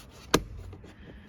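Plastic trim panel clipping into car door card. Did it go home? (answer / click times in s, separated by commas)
yes / 0.3 s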